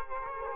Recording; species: mosquito wingbeat signal from an infrared sensor; Aedes aegypti